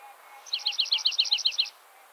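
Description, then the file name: Dark-eyed junco (white-winged): dark-eyed junco singing one brisk trill of about a dozen quick, high, evenly spaced notes lasting just over a second, against a light hiss. White-winged subspecies (aikeni) of the dark-eyed junco. "Junco hyemalis aikeni - Dark-eyed Junco"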